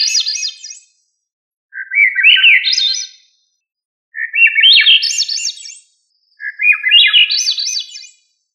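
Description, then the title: Thrush song: several warbled phrases, each climbing in steps from low to high pitch, separated by short pauses. "Familia Turdidae - Sabia"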